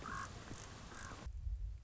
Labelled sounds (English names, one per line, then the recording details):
Common Raven
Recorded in Sonoma County, California